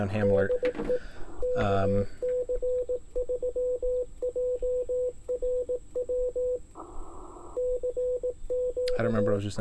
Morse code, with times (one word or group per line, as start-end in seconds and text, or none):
0.2-1.0 DE
1.4-6.6 KC3JRW
7.6-9.4 CQ